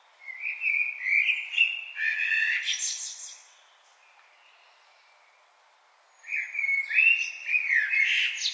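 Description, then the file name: Common blackbird song: fluty warbling phrase closing with a squeaky high twitter, silence, then another mellow whistled phrase begins. "Turdus merula"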